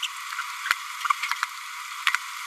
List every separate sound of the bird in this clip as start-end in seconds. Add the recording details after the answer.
0.02-0.07, 0.63-0.69, 1.31-1.33, 2.06-2.12. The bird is a female. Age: 28 days. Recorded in a nest box in Venezuela. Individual 17B102A5